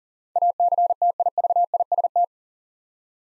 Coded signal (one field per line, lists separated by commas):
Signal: Morse code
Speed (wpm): 39 wpm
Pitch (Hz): 700 Hz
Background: none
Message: ACTIVIST